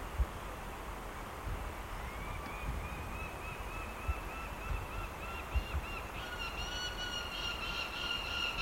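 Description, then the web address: Lanner falcon utters a drawn-out series of nasal repeated notes that grows louder toward the end, over low background rumble. "sound Lanner-falcon. صدای-پرنده-لاچين"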